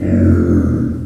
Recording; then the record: squeal of a Yucatan mini pig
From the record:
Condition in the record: after surgery on the right vocal fold (resection and tissue-engineered implant); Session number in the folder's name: 7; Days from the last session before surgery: 47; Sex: female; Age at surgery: 19 weeks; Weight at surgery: 25 kg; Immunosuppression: prednisolone